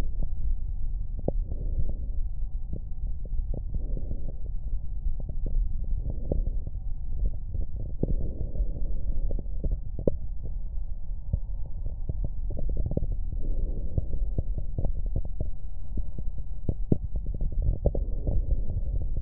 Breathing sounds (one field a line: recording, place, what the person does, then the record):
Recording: lung sounds by stethoscope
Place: left anterior apical chest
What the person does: quiet breathing, then deep breathing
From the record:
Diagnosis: interstitial lung disease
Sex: female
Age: 53 years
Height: 168 cm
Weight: 108 kg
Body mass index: 38.3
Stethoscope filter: extended mode